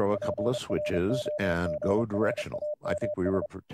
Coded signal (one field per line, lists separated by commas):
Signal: Morse code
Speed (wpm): 30 wpm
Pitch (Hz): 600 Hz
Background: speech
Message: PROGRAMS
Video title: Stereo Voice Chat test for the Raspberry Pi - TeamTalk - QSO with voice & morse